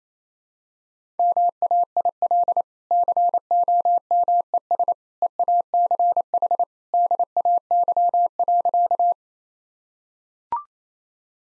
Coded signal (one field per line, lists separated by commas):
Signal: Morse code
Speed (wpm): 27 wpm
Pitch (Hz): 700 Hz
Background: none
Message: MAIL COMES EACH DAY.